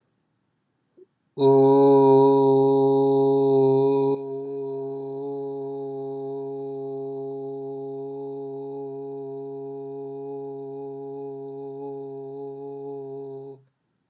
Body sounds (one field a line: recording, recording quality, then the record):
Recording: sustained vowel as in boot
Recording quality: excellent, no background noise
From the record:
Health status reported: healthy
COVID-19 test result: negative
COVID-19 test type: RT-PCR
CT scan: not taken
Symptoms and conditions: sore throat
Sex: male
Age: 32 years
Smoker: no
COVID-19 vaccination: both doses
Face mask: not worn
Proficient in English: yes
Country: United States